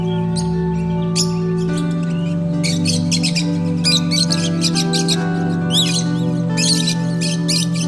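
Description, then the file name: Lovebird chatter, rapid high-pitched squeaky chirps in repeated bursts, over a persistent low tonal hum. Lovebirds, used for audio therapy. "audio terapi lovebirds"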